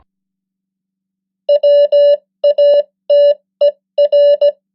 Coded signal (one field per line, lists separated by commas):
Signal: Morse code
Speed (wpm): 17 wpm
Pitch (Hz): 580 Hz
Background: none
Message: WATER